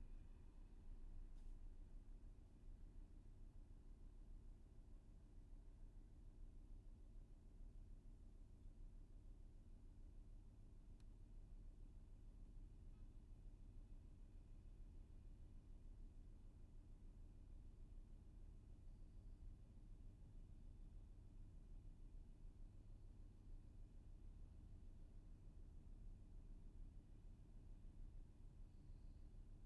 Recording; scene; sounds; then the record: everyday scene through a hearing-aid microphone; in a vehicle; engine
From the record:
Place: VW T5 Caravelle, diesel engine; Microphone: behind the ear, left, rear